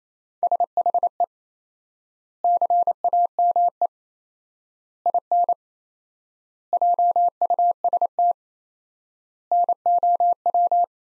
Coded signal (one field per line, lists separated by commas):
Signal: Morse code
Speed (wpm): 28 wpm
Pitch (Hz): 700 Hz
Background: none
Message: SHE CAME IN JUST NOW